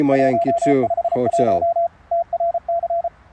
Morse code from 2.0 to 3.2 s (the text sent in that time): TRC